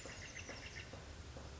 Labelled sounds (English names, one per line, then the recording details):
Oak Titmouse
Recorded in Sonoma County, California